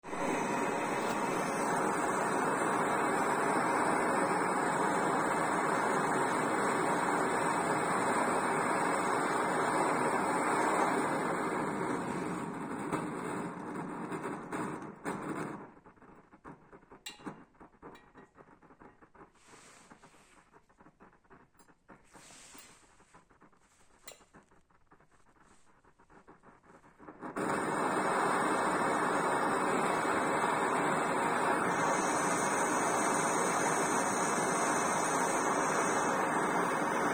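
A primus stove roars with a steady dense hiss, fades to faint crackles and ticks midway, then abruptly roars back at full strength.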